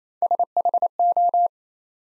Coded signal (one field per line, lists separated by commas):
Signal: Morse code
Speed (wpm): 28 wpm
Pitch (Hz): 700 Hz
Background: none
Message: SHO